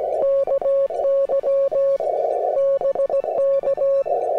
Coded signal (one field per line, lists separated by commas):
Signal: Morse code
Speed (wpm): 17 wpm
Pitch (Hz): 1100 Hz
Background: music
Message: KY BK